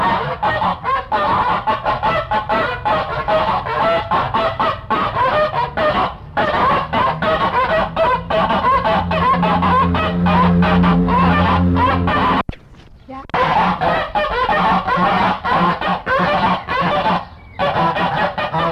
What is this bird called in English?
Greylag Goose